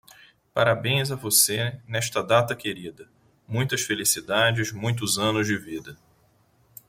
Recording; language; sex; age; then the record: short text; Brazilian Portuguese; male; 40 to 49 years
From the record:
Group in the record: control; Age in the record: 45 years